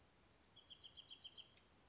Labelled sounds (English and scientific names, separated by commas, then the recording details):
Bewick's Wren (Thryomanes bewickii)
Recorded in Sonoma County, California